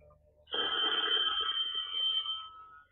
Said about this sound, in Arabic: ألو. أيوة موجود. التليفون يا صابر.